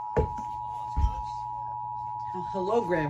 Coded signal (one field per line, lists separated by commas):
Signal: Emergency Alert System (SAME) tones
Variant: 853 and 960 Hz attention tone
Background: speech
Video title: EAS 960: FGF TOR